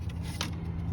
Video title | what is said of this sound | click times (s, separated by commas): Installing a DEI Jeep Wrangler fuel rail & injector cover kit. | snap snap push it straight down snaps right into place | 0.4 s